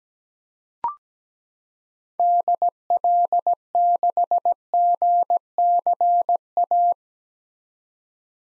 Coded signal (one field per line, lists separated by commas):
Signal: Morse code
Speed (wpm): 17 wpm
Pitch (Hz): 700 Hz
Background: none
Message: DL6GCA